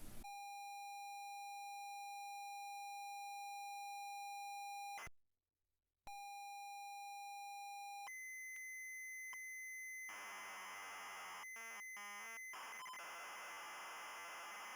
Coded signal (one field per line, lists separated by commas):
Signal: ZX Spectrum tape loading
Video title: ZX Spectrum MIA Preview / Episode 4 / Variety Pack - Q.E.D. Systems (Riko Data)